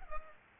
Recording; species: mosquito wingbeat signal from an infrared sensor; Culex pipiens